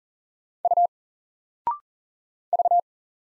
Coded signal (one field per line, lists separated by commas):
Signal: Morse code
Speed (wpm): 40 wpm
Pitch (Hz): 700 Hz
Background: none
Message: U V